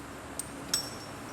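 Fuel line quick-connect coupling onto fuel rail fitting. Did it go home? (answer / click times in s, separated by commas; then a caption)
yes / 0.4 s, 0.7 s. Fuel line quick-connect couplings are pushed by hand, with no tool needed, onto the fuel rail fittings on the 4.6L V8 intake of a 2000 Lincoln Town Car. Over a steady low background hiss, two sharp, bright snaps sound at 0.4 s and 0.7 s, the second louder with a brief high ring. The couplings snap into place and are seated.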